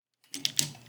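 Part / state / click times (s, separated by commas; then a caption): robot toy part into its hinge socket / seated / 0.5 s, 0.6 s. A plastic/die-cast part of a Soul of Chogokin GX-112 RepliGaiGar & Repli Star GaoGaiGar combining robot toy is pushed onto its hinge joint so the gold line stays tight. After a soft scrape, sharp clicks land at 0.5 and 0.6 seconds. The clicks mean the part is fitted in correctly and seated.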